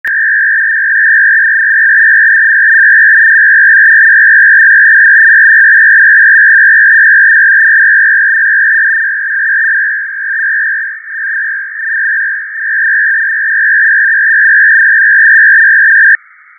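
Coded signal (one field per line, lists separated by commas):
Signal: numbers station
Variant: F01 FSK, 500 Hz shift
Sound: fast warbling between two tones, steady throughout, with some fading near the end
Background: radio fading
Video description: Russian digital numbers station F01 FSK 500Hz signal operated on USB +1700Hz. This signal originated from Habana, Cuba and is the digital counterpart to the Russian 6 operator family ran by the GRU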